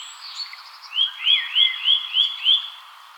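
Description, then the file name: Eurasian nuthatch calling a quick run of six clear, upslurred whistled notes, about three per second, loud and even against a faint background hiss. "Sitta europaea"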